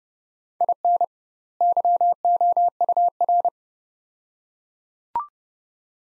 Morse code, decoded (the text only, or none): IN YOUR